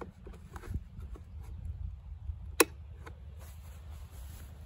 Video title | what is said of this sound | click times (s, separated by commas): 3ft Tall Weeds - Using my Honda HRN216 Lawnmower for Making Trails | I'm going to put the gas cap back on and I'm going to turn it clockwise until I hear a click | 2.6 s